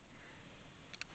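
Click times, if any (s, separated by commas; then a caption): 1.0 s. An infant car seat base's LATCH connector hook is clipped onto the lower anchor bar of a Honda CR-V's vehicle seat. Over a low, steady background, two short ticks are heard at 0.9 s and 1.0 s, the second louder. The hook has seated onto the anchor.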